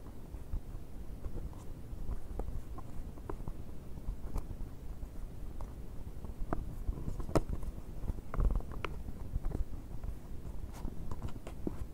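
Continuous dry scratching and rubbing on a box, low and rough, with scattered sharper ticks and scrapes, a louder cluster near eight seconds.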